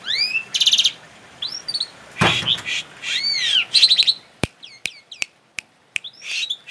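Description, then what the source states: Asian pied starling song of arched whistles and harsh buzzy notes, followed by sharp ticking clicks interspersed with short chirps. Indonesian name Jalak Suren; labelled Suren Teler.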